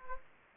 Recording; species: mosquito wingbeat signal from an infrared sensor; Anopheles gambiae